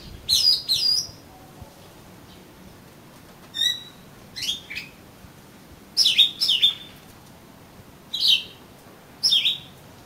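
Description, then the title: Oriental magpie-robin song of sharp, high whistled notes in short bursts separated by pauses of a second or more, with quiet gaps between phrases. "Kacer Kacer"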